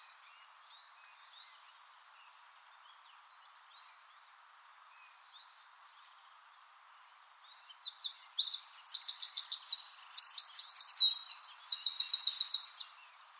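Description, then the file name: Eurasian wren song, after several seconds of quiet with faint chips, a loud shrill burst of rapid trills and twitters runs for about six seconds. "Troglodytes troglodytes"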